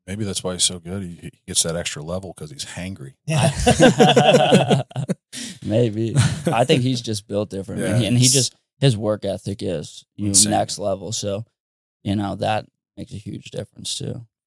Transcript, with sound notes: Maybe that's why he's so good, he gets that extra level 'cause he's hangry. (laughing) Maybe, I think he's just built differently. And he just, his work ethic is next level, so you know, that makes a huge difference too.